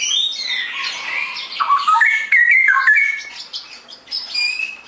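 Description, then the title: Straw-headed bulbul singing a continuous, vigorous bubbling warble of liquid whistled notes that sweep up and down without a break. Masteran song-tutoring recording for caged songbirds, clear quality; song described as gacor (singing actively) and ropel (rapid rolling delivery). "mster Mnuk. Masteran Burung CUCAK ROWO Kualitas Jernih. Cucak Rowo Ropel Gacor"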